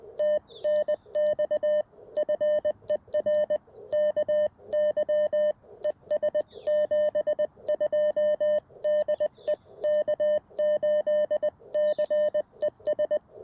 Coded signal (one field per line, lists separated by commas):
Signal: Morse code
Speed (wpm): 20 wpm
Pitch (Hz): 600 Hz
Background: none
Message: TNX FER KY ES 72 DE K8CES